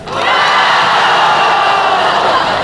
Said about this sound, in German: Freude und Jubel herrschen im Hause.